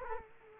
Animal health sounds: mosquito wingbeat signal from an infrared sensor; Culex quinquefasciatus

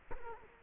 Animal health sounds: mosquito wingbeat signal from an infrared sensor; Culex quinquefasciatus

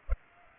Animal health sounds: mosquito wingbeat signal from an infrared sensor; Culex pipiens

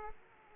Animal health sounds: mosquito wingbeat signal from an infrared sensor; Aedes aegypti

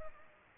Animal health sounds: mosquito wingbeat signal from an infrared sensor; Culex pipiens

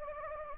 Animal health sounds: mosquito wingbeat signal from an infrared sensor; Anopheles gambiae

